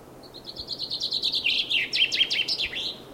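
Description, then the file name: Common chaffinch song: a fast run of bright repeated notes descending slightly in pitch, then ending in a sharper, emphatic flourish, with faint low background hum. "Fringilla coelebs"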